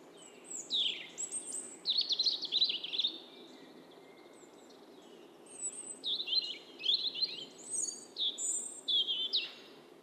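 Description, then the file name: European robin singing two long phrases of high, fluting whistles mixed with rapid trills and downslurs, with a quiet gap in between. "Erithacus rubecula"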